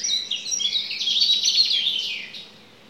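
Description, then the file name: Common chaffinch song: a phrase of quick notes and a rattling trill, finishing with an emphatic downslurred flourish. "Fringilla coelebs"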